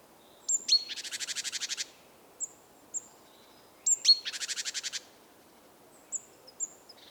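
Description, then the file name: Great tit calls: two rounds of sharp high chinks, each followed by a dry buzzy churring rattle about a second long, with thin high notes scattered between. "Parus major"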